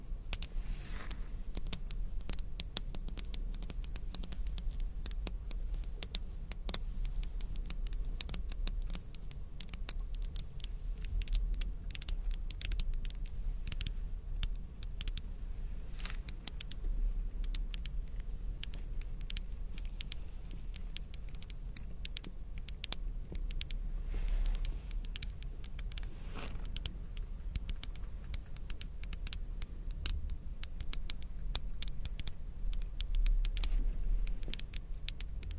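Crystals and beads clatter and tap in a dense, steady stream of tiny bright clicks for the whole stretch, with no pauses. Scratchy bursts cluster thicker at moments, around 3, 16 and 26 seconds. A constant low rumble runs underneath throughout.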